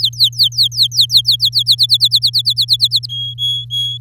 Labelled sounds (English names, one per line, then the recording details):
Domestic Canary song
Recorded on 8 May 2018 at 14:27
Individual llb16